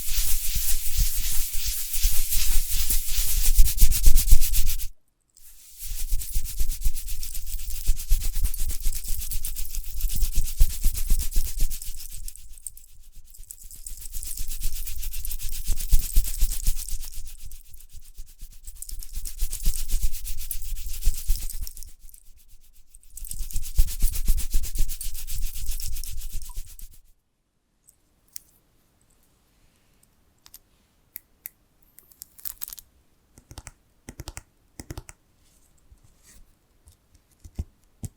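Dense scratching and rubbing strokes come in waves of about five seconds, then give way around 27 seconds to sparse, quiet light taps.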